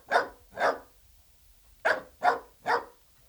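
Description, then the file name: Dachshund barking: sharp, mid-pitched barks, two close together, a pause of over a second, then three more in quick succession. "Het blaffen van een teckel - Beeld en Geluid"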